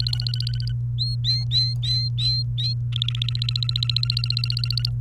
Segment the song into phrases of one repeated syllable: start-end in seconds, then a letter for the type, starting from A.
0.00-0.73 A, 0.98-2.74 B, 2.92-4.89 A